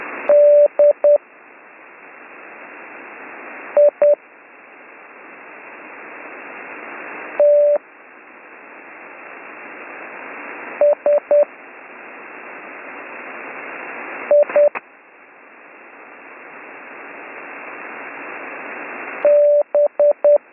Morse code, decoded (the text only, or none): DITS IB